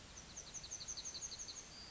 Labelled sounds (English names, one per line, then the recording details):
Yellowhammer song
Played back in forest
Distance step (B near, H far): F
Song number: 009